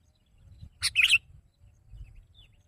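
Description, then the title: Sooty-headed bulbul giving a single quick bubbly phrase over low rumbling background noise. "kutilang"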